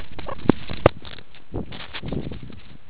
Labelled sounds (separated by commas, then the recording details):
meerkat close call
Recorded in the Kuruman River Reserve, South Africa
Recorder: an audio tag on a meerkat's collar